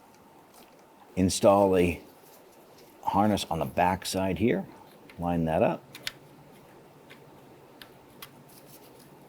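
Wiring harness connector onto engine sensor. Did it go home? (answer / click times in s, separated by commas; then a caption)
no / none. A wiring harness connector is lined up on the back side of an engine sensor during fuel injector replacement on a 1994-2004 Ford Mustang 3.8L V6. Someone talks, then a few faint handling ticks follow at about 6.1, 7.8 and 8.2 s. Nothing has seated or clicked yet.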